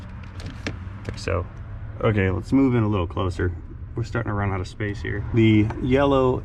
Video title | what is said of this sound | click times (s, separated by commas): ALARMING Situation! Ford Transit 2019 | and this guy just uh snaps into place like | 0.7 s